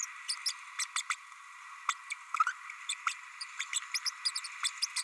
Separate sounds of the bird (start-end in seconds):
0.46-0.52, 0.79-0.84, 0.96-1.02, 1.09-1.15, 1.88-1.93, 2.10-2.14, 2.89-2.94, 3.06-3.14, 3.41-3.44, 3.59-3.65, 3.94-3.99, 4.05-4.10, 4.25-4.31, 4.35-4.40, 4.63-4.68, 4.82-4.86, 4.96-5.02